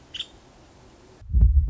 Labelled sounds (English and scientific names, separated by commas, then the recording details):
Nuttall's Woodpecker (Dryobates nuttallii)
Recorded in Sonoma County, California